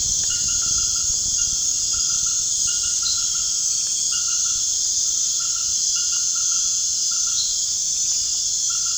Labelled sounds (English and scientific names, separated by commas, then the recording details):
none
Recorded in pastures near Puerto Asís, Putumayo, Colombia, on 30 June 2025 at 19:00
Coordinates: 0.466, -76.322
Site GP07